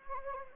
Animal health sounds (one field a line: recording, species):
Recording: mosquito wingbeat signal from an infrared sensor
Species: Anopheles gambiae